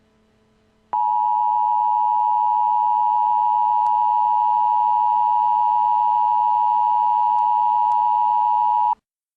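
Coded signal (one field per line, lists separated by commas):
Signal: Emergency Alert System (SAME) tones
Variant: 853 and 960 Hz attention tone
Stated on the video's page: Fictional zombie EAS scenario.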